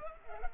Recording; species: mosquito wingbeat signal from an infrared sensor; Culex pipiens